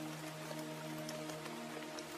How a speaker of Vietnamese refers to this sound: Đoạn hắn nhanh chân chạy đi, vì bây giờ trời mưa cũng đang dần nặng hạt.